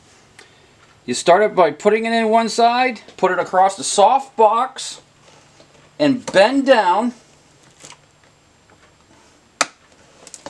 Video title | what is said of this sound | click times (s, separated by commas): DSC IMPASSA KEYPAD DOOR REPLACEMENT | it pops right in bang the new new doors on there all | 9.6 s